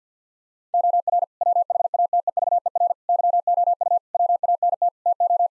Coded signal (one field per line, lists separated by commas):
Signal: Morse code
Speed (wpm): 48 wpm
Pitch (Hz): 700 Hz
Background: none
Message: OR WHATEVER YOU WANT TO